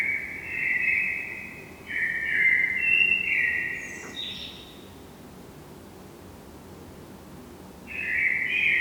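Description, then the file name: Eurasian blackbird song: low fluty warbled phrases, then a thin high twitter, a long pause, and a new mellow phrase starting near the end. "Turdus merula"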